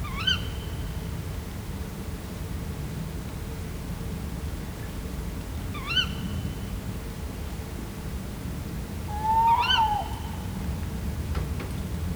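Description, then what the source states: Tawny owl calls: three upward-curving calls spaced several seconds apart, the last joined by a lower note, over steady low noise. Two wild tawny owls recorded in nature at Vizhaz, Hungary, in 2015, with a cardioid microphone.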